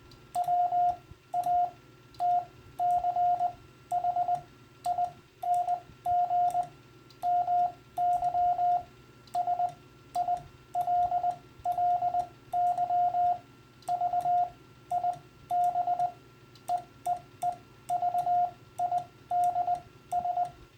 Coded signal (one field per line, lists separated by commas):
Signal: Morse code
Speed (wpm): 20 wpm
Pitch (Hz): 710 Hz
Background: radio noise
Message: WATCHING MY SILLY VIBEEE VIDS